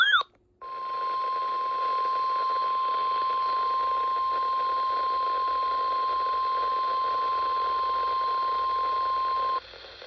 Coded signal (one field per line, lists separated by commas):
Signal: Emergency Alert System (SAME) tones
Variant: 1050 Hz attention tone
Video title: KXI70 Required Weekly Test. 11/19/25 EAS #517